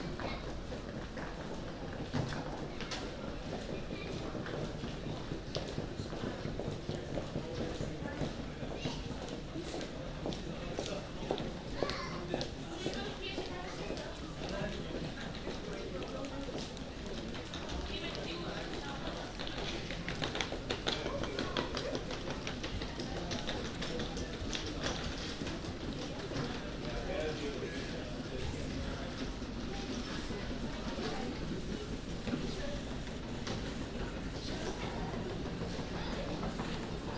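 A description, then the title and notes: Passengers and employees walk through an airport corridor, their mixed voices forming a steady murmur of overlapping speech. Footsteps and small clicks tap through constantly, with occasional louder knocks, over a continuous low rumble that holds even for the whole stretch. Schiphol Airport. Passengers and employees walking (in the corridor between 'Departures 2' and 'Departures 3').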